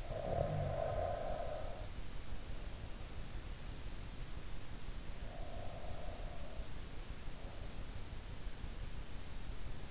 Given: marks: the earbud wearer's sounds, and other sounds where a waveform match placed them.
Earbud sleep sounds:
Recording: sounds in sleep by an in-ear microphone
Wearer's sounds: snoring breath, breath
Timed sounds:
0.00-1.96 s: snoring breath
5.28-6.71 s: breath

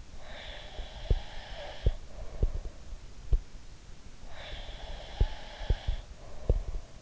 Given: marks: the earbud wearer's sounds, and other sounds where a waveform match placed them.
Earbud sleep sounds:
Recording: sounds in sleep by an in-ear microphone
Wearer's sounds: breath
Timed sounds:
0.10-2.78 s: breath
1.06-3.44 s: sound from someone else or the room
4.19-7.02 s: breath
5.17-7.02 s: sound from someone else or the room

